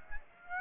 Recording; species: mosquito wingbeat signal from an infrared sensor; Aedes aegypti